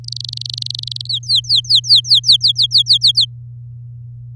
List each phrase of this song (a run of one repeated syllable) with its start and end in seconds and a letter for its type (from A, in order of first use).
0.04-1.07 A, 1.09-3.25 B